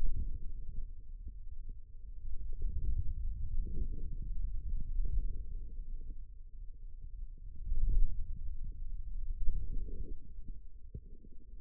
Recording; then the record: forearm muscle sounds (acoustic myography)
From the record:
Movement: hand closing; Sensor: system 2, bracelet of six BSWA MPA416 microphones around the upper forearm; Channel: 4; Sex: male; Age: 22 years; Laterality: right